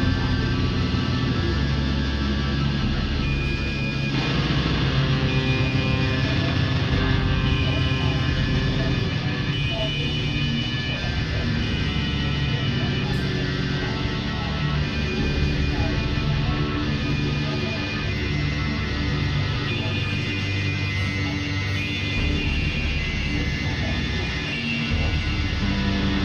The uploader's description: the sounds of traffic, riding public transportation, crickets, as well as computer-based guitars, synthesizers, and pipe organs